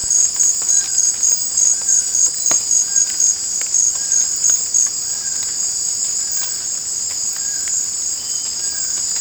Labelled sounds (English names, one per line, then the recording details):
none
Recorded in dense forest near Puerto Asís, Putumayo, Colombia, on 22 December 2024 at 18:30
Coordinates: 0.466, -76.327
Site G075